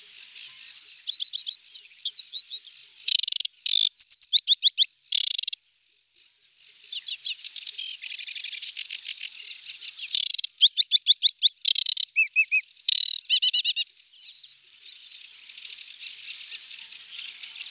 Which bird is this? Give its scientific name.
Acrocephalus paludicola